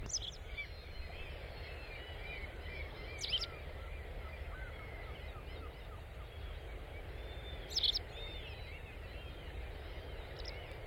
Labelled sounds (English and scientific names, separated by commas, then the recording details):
White Wagtail (Motacilla alba) call
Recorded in the wild
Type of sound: call
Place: Heiligenhafen, Schleswig-Holstein, DE
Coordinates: 54.37, 10.97
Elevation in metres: 14
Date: 1998-06-19
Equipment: Sony WM-D6C
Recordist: Skiba, Reinald
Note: Rufe